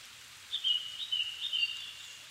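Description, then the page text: Japanese thrush song: a quick run of clear whistled notes, slightly warbled, lasting about a second and a half over a steady soft hiss. Recorded 7 May 2011 at 17:59, evening; altitude 270 m; Sony PCM-D50 recorder with Panasonic WM-61A mic. "Turdus cardis [Sounds -Nikko Today-]"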